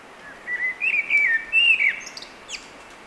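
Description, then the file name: Eurasian blackbird delivering a mellow, looping whistled phrase, with a faint high squeak afterward. "Turdus merula"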